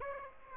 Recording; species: mosquito wingbeat signal from an infrared sensor; Aedes aegypti